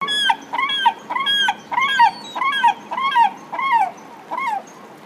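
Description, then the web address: Slaty-backed gull giving a series of loud, harsh wailing calls, about eight rising-and-falling notes in five seconds, each rich and nasal, over a low background rumble. "izumino saunndo oosegurokamome"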